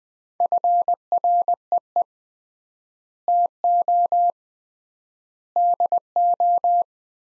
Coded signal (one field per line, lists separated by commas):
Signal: Morse code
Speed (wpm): 20 wpm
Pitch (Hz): 700 Hz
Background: none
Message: FREE TO DO